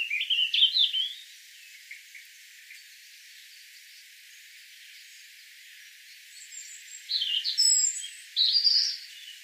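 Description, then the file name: European robin song phrases, high and tinkling, one short twittering burst at the start and two more after a long quiet gap. "Erithacus rubecula"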